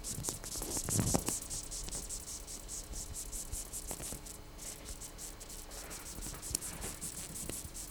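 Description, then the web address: Dung beetle stridulation: rapid high scratchy pulses repeating several times a second, irregular in spacing, with low rumble and a faint steady hum. "Coleoptera geoste"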